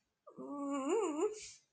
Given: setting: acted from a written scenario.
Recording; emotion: vocal sound without words; sadness